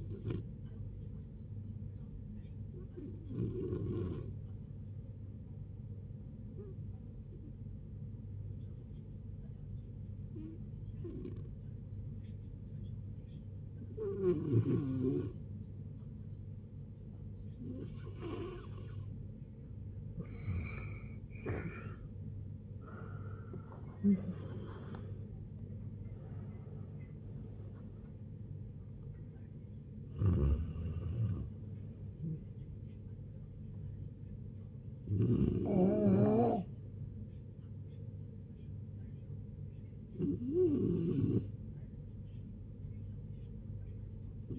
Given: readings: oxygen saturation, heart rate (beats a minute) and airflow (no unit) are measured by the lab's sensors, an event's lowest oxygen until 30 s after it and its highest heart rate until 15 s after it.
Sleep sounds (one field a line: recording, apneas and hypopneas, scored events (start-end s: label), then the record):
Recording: a person awake in a sleep study, by a smartphone at the bedside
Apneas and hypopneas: none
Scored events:
0.00-44.59 s: awake
0.00-44.59 s: awake
From the record:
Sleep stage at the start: awake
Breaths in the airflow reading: 19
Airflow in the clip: -0.6 to 0.6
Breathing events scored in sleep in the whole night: 496 in 5.4 hours asleep